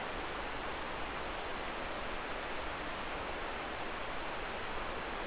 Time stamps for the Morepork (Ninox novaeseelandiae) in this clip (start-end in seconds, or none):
none